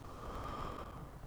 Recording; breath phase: one breath near a microphone; exhalation